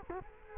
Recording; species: mosquito wingbeat signal from an infrared sensor; Culex quinquefasciatus